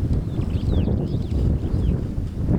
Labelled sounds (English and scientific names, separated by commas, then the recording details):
Superb Starling (Lamprotornis superbus) flight call
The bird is a male
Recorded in Kenya on 27 May 2010
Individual 83, of group SRB1